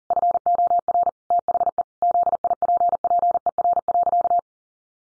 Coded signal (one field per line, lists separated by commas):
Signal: Morse code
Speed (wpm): 40 wpm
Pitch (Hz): 700 Hz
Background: none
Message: FOR THE ZIPPER.